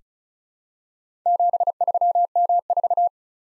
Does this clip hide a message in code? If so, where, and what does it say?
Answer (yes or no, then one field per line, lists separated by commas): yes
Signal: Morse code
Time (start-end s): 1.3-3.1 s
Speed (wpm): 36 wpm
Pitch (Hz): 700 Hz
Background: none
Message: 73M4